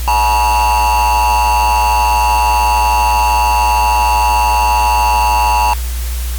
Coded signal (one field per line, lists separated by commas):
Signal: Emergency Alert System (SAME) tones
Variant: 853 and 960 Hz attention tone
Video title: EMERGENCY ALERT SYSTEM SCENARIO